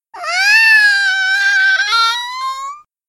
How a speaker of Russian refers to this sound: Из холодного мира цифр и букв ее выдернул вой, натуральный кошачий вой.